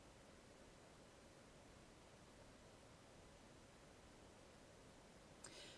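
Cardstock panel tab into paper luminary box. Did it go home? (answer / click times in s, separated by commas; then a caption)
yes / 5.4 s. A folded cardstock panel tab is pressed into a coffin-shaped paper luminary box during assembly. Steady low hiss runs throughout until a faint, sharp snap at 5.5 s as the panel pops into place, seating it.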